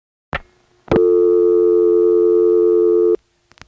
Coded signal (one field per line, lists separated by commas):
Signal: telephone call progress tone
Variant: North America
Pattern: dial tone